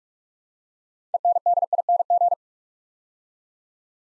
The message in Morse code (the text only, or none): ENDING